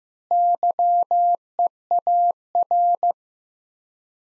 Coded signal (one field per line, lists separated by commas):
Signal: Morse code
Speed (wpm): 15 wpm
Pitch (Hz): 700 Hz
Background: none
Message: YEAR